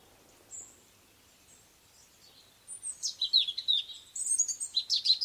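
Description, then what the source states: Bird giving a couple of faint high notes, then breaking into a lively run of rapid, high chirps and twitters over the last half. Sweet birdsong outside a window.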